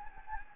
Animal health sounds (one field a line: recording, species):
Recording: mosquito wingbeat signal from an infrared sensor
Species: Anopheles gambiae